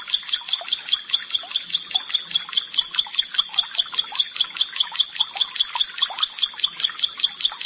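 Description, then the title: Bar-winged prinia song, a long even series of high clipped notes, about two and a half per second, with no other clear sounds. "Ciblek Sawah 1"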